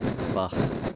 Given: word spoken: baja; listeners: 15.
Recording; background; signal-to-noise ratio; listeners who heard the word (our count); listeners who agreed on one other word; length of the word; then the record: one Spanish word in noise, from a listening test; noise modulated by three-talker babble; -3.9 dB; 4 of 15; 6 of 15; 0.55 s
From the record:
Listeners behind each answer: 6, 4, 4, 1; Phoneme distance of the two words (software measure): 10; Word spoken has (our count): 2 syllables, 4 phonemes, stress on syllable 1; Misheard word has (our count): 2 syllables, 4 phonemes, stress on syllable 1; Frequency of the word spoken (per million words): 121.54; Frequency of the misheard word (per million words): 10.30